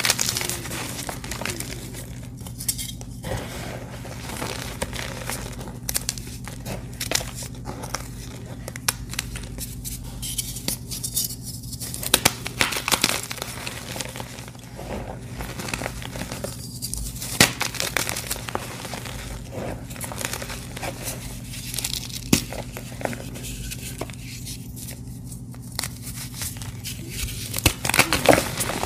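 Crisp, flaky gym chalk is crushed in a steady run of crunching and crinkling, with dense bursts of sharp cracks and brief quieter gaps every few seconds. A low, constant hum sits underneath throughout.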